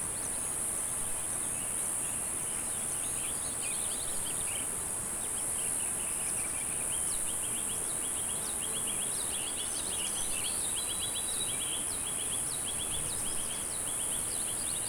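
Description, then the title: Cicadas keep up an even, piercing drone while birds call in quick repeated chirps throughout. "neoscenes: cicadas"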